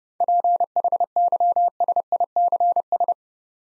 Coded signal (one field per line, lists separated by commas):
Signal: Morse code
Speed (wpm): 30 wpm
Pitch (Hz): 700 Hz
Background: none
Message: PHYSICS